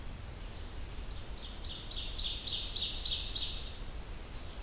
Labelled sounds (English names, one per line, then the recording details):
Ovenbird song
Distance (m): 35 m
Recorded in boreal forest in Alberta, Canada, on 30 June 2016 at 08:02
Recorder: SongMeter 3, array SBT-6-79
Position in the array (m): 5 m, 108 m
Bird 40